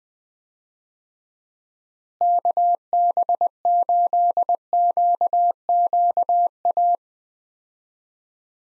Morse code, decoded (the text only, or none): KB8QQA